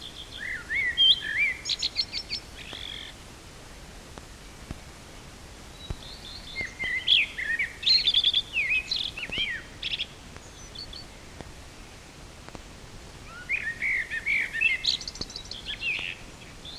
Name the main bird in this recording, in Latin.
Turdus merula